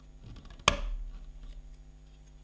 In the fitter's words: yep, that was a satisfying click.